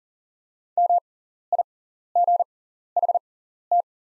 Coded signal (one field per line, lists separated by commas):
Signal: Morse code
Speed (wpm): 38 wpm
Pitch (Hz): 700 Hz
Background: none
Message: MIGHT